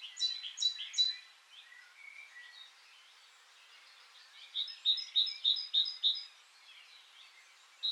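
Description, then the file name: Great tit calls: a few sharp high notes at the start, soft chatter, then a rapid series of six bright repeated notes about three per second. "Parus major"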